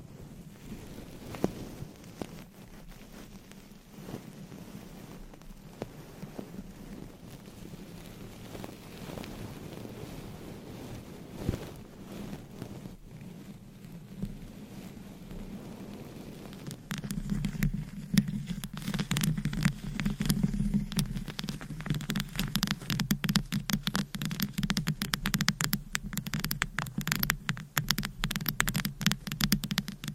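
Scratching and tapping on a microphone with long nails, over a steady low rumble. The first half is soft, with scattered light taps. Around seventeen seconds it turns louder and dense, with rapid crackling scratches and clicks that continue to the end.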